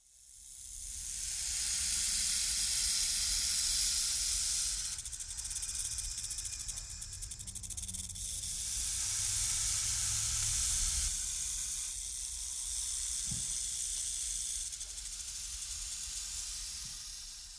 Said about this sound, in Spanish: Reptiles reptantes sobre la superficie de la tierra como en el cielo. Cobras escamosas silbando entre los esteros tropicales, danzando sobre mojado, ondulando en la refriega del polvo abrasador